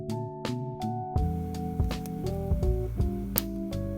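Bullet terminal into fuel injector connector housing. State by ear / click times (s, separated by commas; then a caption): seated / 3.4 s. A repaired fuel injector wire's bullet terminal is pushed into the plastic connector housing of a KTM/Husqvarna injector connector. Guitar music plays throughout, and a sharp click at 3.4 s marks the internal clip locking the bullet terminal in, leaving it seated.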